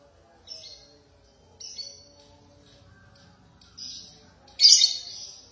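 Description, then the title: Lovebird chirps, a few soft high scratchy notes, ending with one louder harsh shriek. "BM Suara Burung Lovebird"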